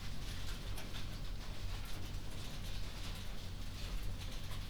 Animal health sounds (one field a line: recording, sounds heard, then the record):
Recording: poultry house recording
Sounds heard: no chicken sound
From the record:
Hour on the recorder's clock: 21